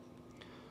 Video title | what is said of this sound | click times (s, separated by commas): Never Swap Batteries Mid-Shoot Again with This | and you'll hear that click. | 0.4 s